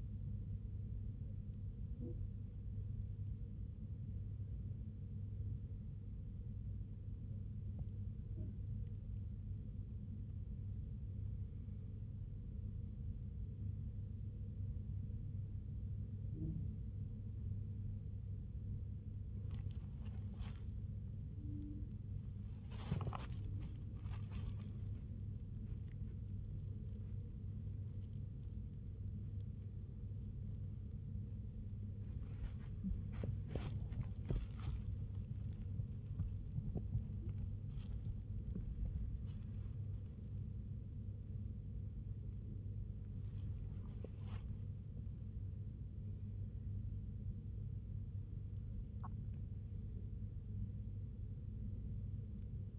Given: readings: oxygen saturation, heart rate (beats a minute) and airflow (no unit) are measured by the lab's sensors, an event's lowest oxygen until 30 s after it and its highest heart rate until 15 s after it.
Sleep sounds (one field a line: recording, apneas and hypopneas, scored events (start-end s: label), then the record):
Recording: breathing in sleep by a smartphone at the bedside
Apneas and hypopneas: 1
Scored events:
7.00-24.60 s: hypopnea (N1, oxygen 96% highest, then 95% lowest, heart rate 73 at the start, 95 highest)
32.00-52.79 s: new sleep stage, awake
36.00-52.79 s: awake
From the record:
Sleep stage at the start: N1 (lightest sleep)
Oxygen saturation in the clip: 94 to 97%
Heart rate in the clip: 65 to 96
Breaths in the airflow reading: 11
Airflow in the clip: -8.1 to 11.0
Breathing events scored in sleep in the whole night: 258 in 7.4 hours asleep